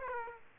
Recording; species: mosquito wingbeat signal from an infrared sensor; Aedes aegypti